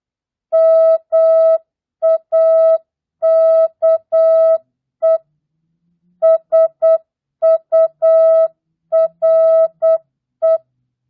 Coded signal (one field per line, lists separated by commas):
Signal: Morse code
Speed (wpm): 8 wpm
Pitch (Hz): 650 Hz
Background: music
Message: MAKE SURE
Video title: Morse code, CW, practice at 8 wpm non Farnsworth mixed words, numbers, and punctuation.